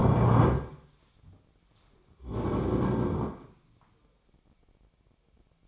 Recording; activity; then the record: daily activity, microphone in the room; stand up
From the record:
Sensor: 1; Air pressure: 1009.3 hPa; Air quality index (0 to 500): 179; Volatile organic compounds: 3 ppm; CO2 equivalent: 1510 ppm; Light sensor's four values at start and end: 41/108/45/53 and 39/103/43/50